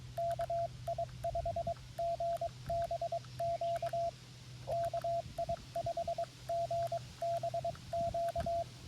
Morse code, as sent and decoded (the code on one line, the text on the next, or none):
-.- .. ..... --. -... --.- / -.- .. ..... --. -... --.-
KI5GBQ KI5GBQ